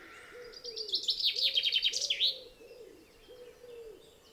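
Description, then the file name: Common chaffinch song: a rapid series of bright notes ending in a brief flourish, over soft low notes repeated in the background. "Fringilla coelebs"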